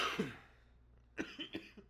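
An adult gives a louder opening cough, then after a pause several short, harsh coughs in quick succession.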